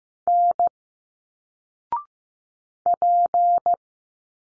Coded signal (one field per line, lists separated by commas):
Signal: Morse code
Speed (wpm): 15 wpm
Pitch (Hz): 700 Hz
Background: none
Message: N P